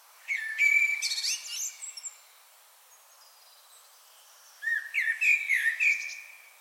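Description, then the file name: Common blackbird phrase: two bursts of squeaky, twittering notes over a high sliding whistle, the first near the start, the second after a few seconds' pause, over a faint background hiss. "Turdus merula"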